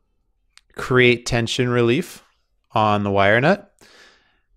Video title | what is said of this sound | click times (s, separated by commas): Irrigation Valve Installation from Mainline to Lateral Lines with Commentary | Snap the cap on the top, | 0.6 s